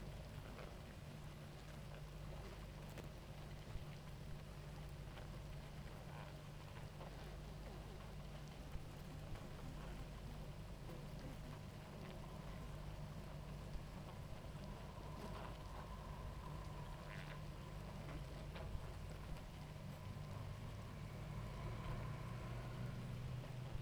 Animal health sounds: honeybee colony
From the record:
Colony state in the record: active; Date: 28 July 2017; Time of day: 18:31

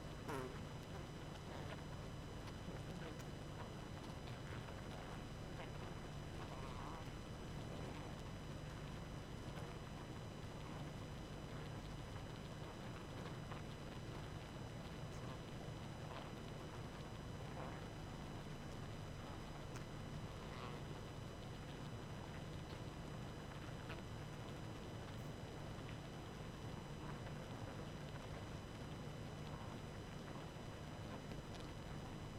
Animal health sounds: honeybee colony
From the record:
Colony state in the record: active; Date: 12 June 2018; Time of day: 22:56

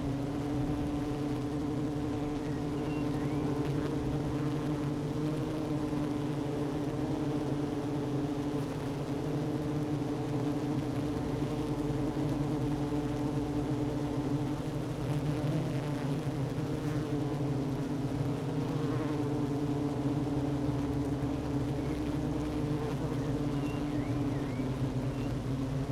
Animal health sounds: honeybee colony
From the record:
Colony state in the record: active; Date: 12 June 2018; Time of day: 11:09

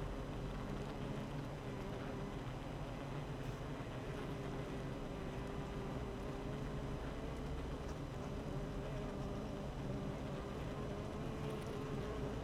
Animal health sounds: honeybee colony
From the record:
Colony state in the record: active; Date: 12 June 2018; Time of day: 8:18

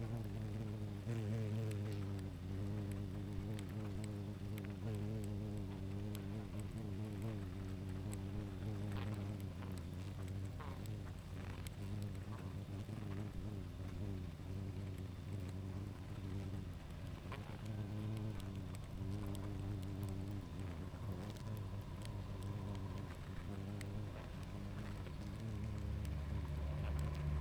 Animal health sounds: honeybee colony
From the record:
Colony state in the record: active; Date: 28 July 2017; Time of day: 21:00

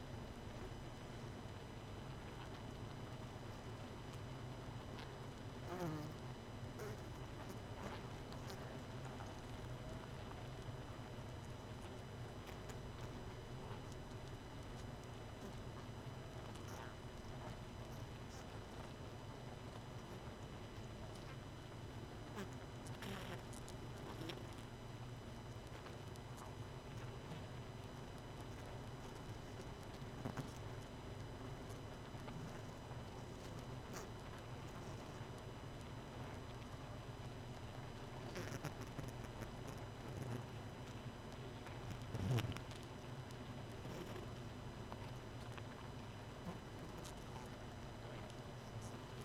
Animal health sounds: honeybee colony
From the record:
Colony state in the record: missing queen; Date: 31 May 2018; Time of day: 23:01

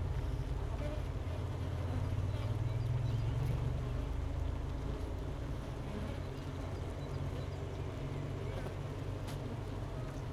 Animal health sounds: honeybee colony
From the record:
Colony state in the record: missing queen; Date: 31 May 2018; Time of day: 12:56

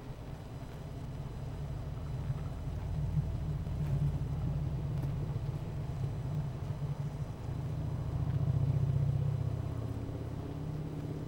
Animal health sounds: honeybee colony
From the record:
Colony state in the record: missing queen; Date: 14 July 2017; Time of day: 16:41

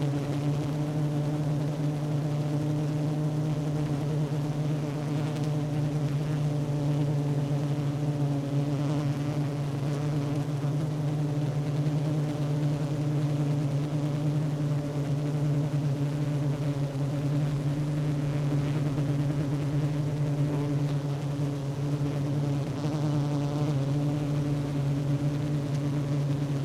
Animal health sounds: honeybee colony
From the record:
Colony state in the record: active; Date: 12 June 2018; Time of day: 10:22

